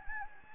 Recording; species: mosquito wingbeat signal from an infrared sensor; Anopheles gambiae